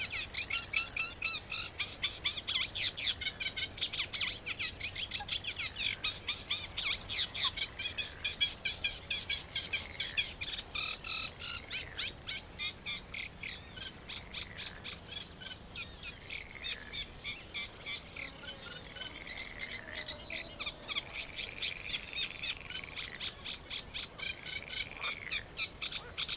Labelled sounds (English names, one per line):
Eurasian Reed Warbler